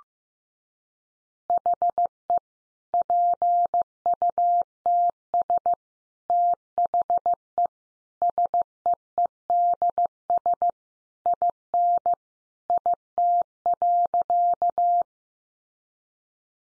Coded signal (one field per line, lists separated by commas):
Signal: Morse code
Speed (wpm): 15 wpm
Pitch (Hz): 700 Hz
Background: none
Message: HE PUTS THE SEEDS IN IT.